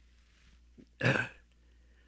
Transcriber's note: he clears his throat